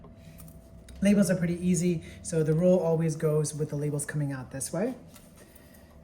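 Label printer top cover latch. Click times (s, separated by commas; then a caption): 0.4 s. A small plastic tab on a label printer is pushed back, and the printer's top cover latch releases, popping the cover open with a sharp click at 0.4 s. Someone then talks over a quiet background until about 4.9 s, followed by one more brief tap near 5.2 s.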